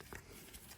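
On a BMW X3 E83 with a cylinder six misfire, a screwdriver levers up the plastic locking cover on an ignition coil pack's electrical connector so the connection can be checked. Two short clicks sound at 0.0 s and 0.15 s over a low background. The lock clicks open, releasing the connector so it can be pulled off.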